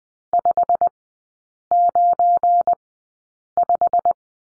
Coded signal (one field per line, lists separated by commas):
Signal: Morse code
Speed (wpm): 20 wpm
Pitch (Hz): 700 Hz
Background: none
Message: 595